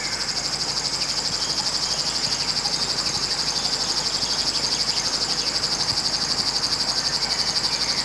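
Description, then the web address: River warbler song: a continuous dry, mechanical buzzing reel of fast regular pulses, high-pitched and sustained throughout. Recorded in spring. "vremena vesna 19 rechnoi sverchok"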